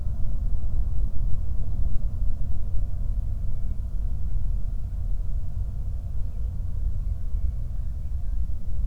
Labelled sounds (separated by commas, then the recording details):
bird, flare stack
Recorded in the Prudhoe Bay oil fields, Alaska, on 8 July 2019 at 00:13
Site 25